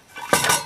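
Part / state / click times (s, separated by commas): rubber tyre valve into motorcycle wheel rim / seated / 0.3 s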